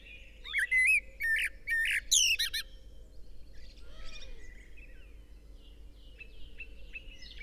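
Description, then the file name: Eurasian blackbird song: a low fluted whistle opening into three squeaky, high twittering bursts within two seconds, then faint birds chirping under steady background hiss. "Turdus merula"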